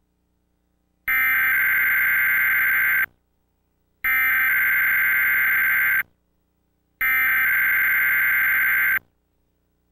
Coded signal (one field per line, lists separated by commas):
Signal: Emergency Alert System (SAME) tones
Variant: header bursts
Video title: Xfinity EAS Test - June 13, 2019 | Minnesota (VHS)